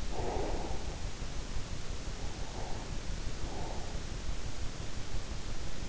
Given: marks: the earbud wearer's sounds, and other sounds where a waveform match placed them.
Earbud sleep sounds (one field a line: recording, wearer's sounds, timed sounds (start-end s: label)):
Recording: sounds in sleep by an in-ear microphone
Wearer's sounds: breath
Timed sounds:
0.01-3.20 s: breath